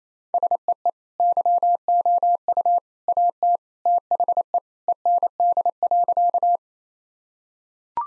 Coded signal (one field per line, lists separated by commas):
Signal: Morse code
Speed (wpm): 28 wpm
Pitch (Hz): 700 Hz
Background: none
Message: SEE YOU AT THE END.